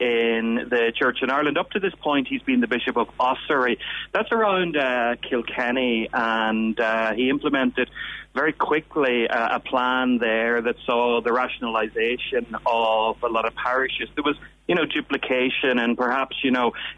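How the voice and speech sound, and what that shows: A man with an Irish accent speaks fluently over a phone-like line, with natural pauses and fillers: typical adult speech.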